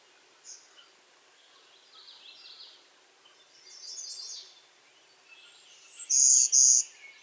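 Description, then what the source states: Warbler hybrid song: three loud, high buzzy pulses near the end, after soft, scattered twittering notes. Hybrid Golden-winged x Blue-winged Warbler, Vermivora chrysoptera x cyanoptera.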